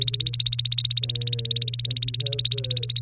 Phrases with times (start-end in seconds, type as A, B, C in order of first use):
0.00-3.02 A